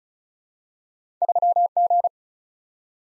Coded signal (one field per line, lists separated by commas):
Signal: Morse code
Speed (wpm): 36 wpm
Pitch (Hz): 700 Hz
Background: none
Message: 3G